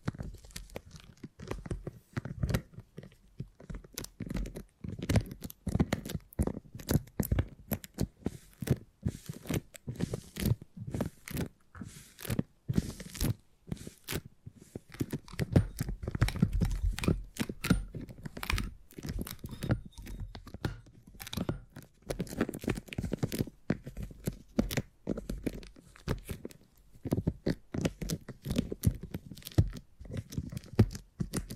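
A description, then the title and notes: Sticky crackling and tapping from handling beeswax fills the whole recording in quick, irregular bursts. The clicks stay dense and crisp throughout, with a heavier, thumping stretch around the middle. ASMR 20 Brain Tingly Sounds Using Beeswax (No Talking).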